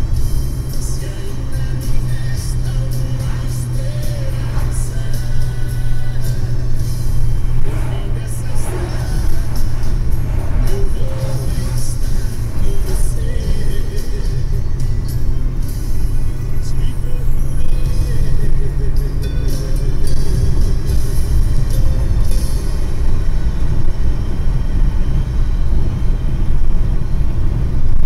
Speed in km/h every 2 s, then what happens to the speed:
85, 84, 82, 82, 80, 80, 83, 88, 93, 98, 102, 100, 101, 102.
0-10 steady at about 82. 10-20 speeds up to 102. 20-28 steady at about 101.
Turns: none.